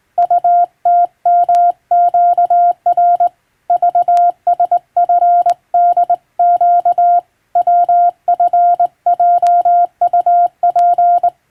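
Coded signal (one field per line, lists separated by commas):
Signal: Morse code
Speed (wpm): 20 wpm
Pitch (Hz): 700 Hz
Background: none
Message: UTMQR VSFDQ WFJUP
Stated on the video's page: Morse practice from a European-language telegram sending practice book; radiotelegraph operator practice.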